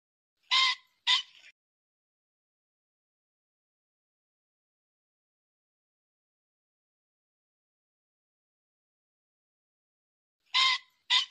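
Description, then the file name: Pheasant calls: a pair of harsh, hoarse squawks, the second shorter and trailing off, then silence and the same double squawk again about ten seconds later. "Tieng chim tri"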